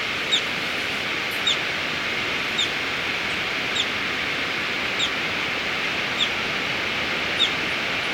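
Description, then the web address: Violet-fronted brilliant uttering thin, high chips about once a second, partly veiled by a loud broad hiss. Recorded in Ecuador. "Birds of Ecuador. Violet-fronted Brilliant"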